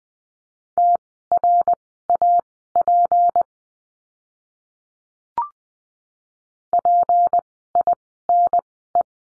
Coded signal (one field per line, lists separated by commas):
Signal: Morse code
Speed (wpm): 20 wpm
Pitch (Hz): 700 Hz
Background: none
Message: TRAP PINE